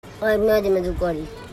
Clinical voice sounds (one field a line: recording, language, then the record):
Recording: elicited speech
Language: Bengali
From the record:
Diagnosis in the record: Broca's or global aphasia after a stroke